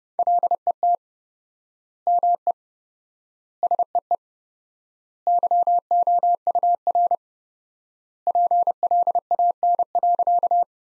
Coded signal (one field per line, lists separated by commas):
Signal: Morse code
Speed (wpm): 30 wpm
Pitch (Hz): 700 Hz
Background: none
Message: LET ME SEE YOUR PLAN.